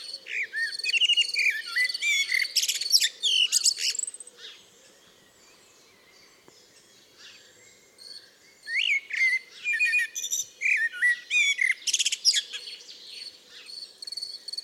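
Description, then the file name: Common blackbird singing fluty, low whistled phrases that break into high, squeaky twittering, in two bursts separated by a quiet pause, over a steady cricket chorus. "Turdus merula"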